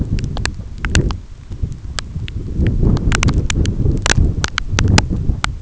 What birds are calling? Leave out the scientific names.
none